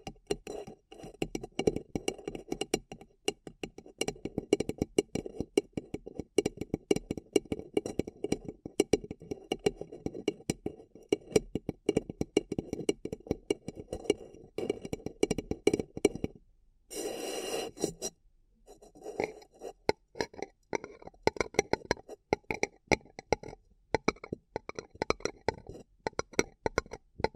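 Paper cup tingles: dense, rapid crinkling and tapping on a paper cup, with quick irregular clicks and rustles packed closely together. Around 17 seconds a brief bright scraping burst stands out, then the tapping thins into sparser, crisper knocks and crackles.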